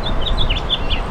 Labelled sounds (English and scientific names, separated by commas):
House Finch (Haemorhous mexicanus) song